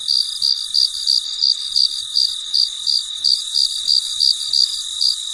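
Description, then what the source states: Cricket's high chirps pulse evenly about three times a second over a steady insect drone. Late at night, in deep quiet.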